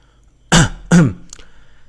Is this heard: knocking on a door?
no